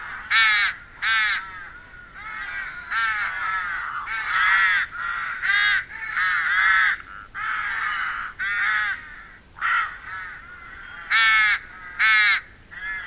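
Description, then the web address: Rooks cawing steadily, harsh nasal calls overlapping from several birds, some loud and clipped, others softer, filling the whole stretch. "agykontroll Madardalok Cd 2. Vetési varjú"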